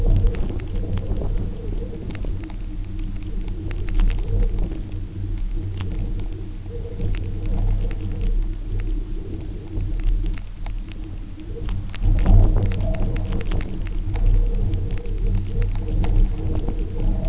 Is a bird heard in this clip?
no